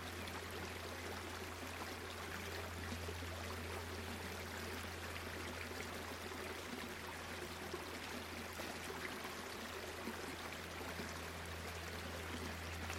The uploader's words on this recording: Gentle Flowing River Dreamscape. Tonights soundtrack features the sound of a quiet river flowing through a green, leafy forest.